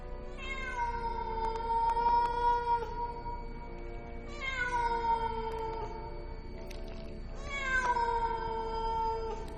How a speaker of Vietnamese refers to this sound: thấy một con mèo hoang từ đâu lao đến. Nó kêu lên những tiếng não lòng kinh khủng, rồi đâm sầm vào cánh cửa cũ kỹ.